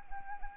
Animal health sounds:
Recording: mosquito wingbeat signal from an infrared sensor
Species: Anopheles arabiensis

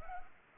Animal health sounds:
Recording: mosquito wingbeat signal from an infrared sensor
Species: Culex pipiens

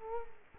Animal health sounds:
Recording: mosquito wingbeat signal from an infrared sensor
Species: Culex quinquefasciatus

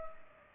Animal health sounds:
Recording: mosquito wingbeat signal from an infrared sensor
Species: Culex pipiens

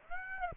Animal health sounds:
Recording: mosquito wingbeat signal from an infrared sensor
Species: Aedes aegypti

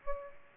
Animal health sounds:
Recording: mosquito wingbeat signal from an infrared sensor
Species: Aedes aegypti

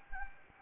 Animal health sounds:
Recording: mosquito wingbeat signal from an infrared sensor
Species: Anopheles gambiae

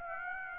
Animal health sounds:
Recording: mosquito wingbeat signal from an infrared sensor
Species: Aedes aegypti

